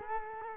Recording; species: mosquito wingbeat signal from an infrared sensor; Culex quinquefasciatus